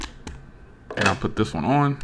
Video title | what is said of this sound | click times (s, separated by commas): Samsung Galaxy Z Flip - Ringke Slim Fit Case! | gonna go ahead and pop this off here and | 0.3 s